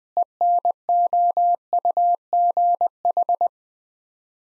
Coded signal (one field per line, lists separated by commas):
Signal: Morse code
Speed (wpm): 21 wpm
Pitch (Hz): 700 Hz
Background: none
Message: ENOUGH